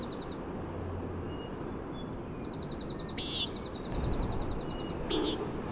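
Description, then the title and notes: Common nighthawk giving two harsh, nasal peents late, over a fast mechanical trill and a constant low rumble. Peenting at 3:58am, 12 June 2017, on top of Schoodic Head, Acadia National Park; gusty wind and ocean noise; high-pass filtered; Fostex FR2 recorder with Sennheiser ME62 omni mic. "Common Nighthawk "peenting" and "wing booms" 3:58am on top of Schoodic Head (Schoodic Div., Acadia National Park)"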